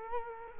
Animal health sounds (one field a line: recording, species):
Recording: mosquito wingbeat signal from an infrared sensor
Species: Culex quinquefasciatus